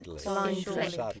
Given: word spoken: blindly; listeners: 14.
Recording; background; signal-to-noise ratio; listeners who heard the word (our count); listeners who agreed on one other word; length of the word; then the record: one English word in noise, from a listening test; four-talker babble; -0.4 dB; 3 of 14; 6 of 14; 0.80 s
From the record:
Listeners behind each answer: 6, 3, 1, 1, 1, 1, 1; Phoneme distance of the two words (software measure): 28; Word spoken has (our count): 2 syllables, 7 phonemes, stress on syllable 1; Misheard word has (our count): 1 syllable, 3 phonemes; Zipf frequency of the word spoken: 2.76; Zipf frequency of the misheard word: 5.45